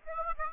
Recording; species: mosquito wingbeat signal from an infrared sensor; Aedes aegypti